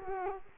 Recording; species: mosquito wingbeat signal from an infrared sensor; Culex quinquefasciatus